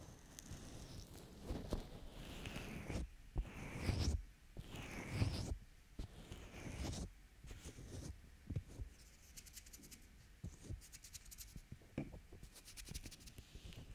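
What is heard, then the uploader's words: Close ear massage and cupping sounds: soft rubbing and scratching right against the microphone, with wet, slick lotion strokes. Several louder swishing sweeps come in the first seven seconds, then lighter, quicker taps and crackles follow. ASMR Ear Lotion Ear Cleaning Ear Cupping Ear Massage (3Dio).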